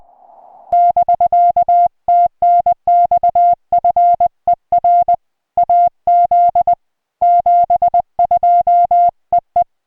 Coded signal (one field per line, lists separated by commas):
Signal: Morse code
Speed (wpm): 20 wpm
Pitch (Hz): 700 Hz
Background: music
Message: <BK> TNX FER AZ 72 EE